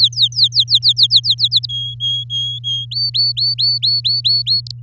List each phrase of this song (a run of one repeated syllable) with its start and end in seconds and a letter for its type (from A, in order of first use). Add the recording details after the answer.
0.00-1.48 A, 1.51-1.66 B, 1.69-2.85 C, 2.91-4.61 D, 4.67-4.71 E. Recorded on 8 May 2018 at 06:02. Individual llb16